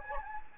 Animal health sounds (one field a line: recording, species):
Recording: mosquito wingbeat signal from an infrared sensor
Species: Anopheles gambiae